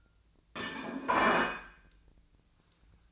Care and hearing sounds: daily activity, microphone in the room; place plate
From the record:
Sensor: 2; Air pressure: 1009.2 hPa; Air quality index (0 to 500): 187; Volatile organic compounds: 12 ppm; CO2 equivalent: 2328 ppm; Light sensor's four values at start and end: 22/55/24/26 and 23/56/24/26

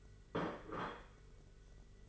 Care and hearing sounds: daily activity, microphone in the room; place plate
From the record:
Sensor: 4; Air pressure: 991.7 hPa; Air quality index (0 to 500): 127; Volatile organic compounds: 36 ppm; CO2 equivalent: 3074 ppm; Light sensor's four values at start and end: 20/65/24/24 and 20/65/24/24

